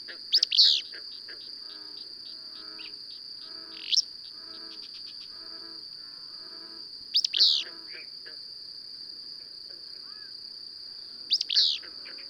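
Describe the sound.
Bird song phrases of bright, sweeping chirps come about every three to four seconds, joined by quieter rapid ticking notes, over a constant high-pitched drone.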